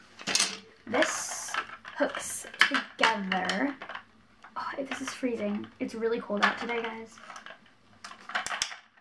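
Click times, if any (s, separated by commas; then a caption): 8.6 s. Someone talks while hooking a frame section into a new baby bouncer frame, with scattered clattering and tapping of the parts. A cluster of sharp clicks follows near the end, and the final click at 8.6 s marks the joint locking into place.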